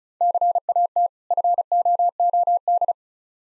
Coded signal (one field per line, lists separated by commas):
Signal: Morse code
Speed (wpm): 36 wpm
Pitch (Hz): 700 Hz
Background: none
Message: CAT FOOD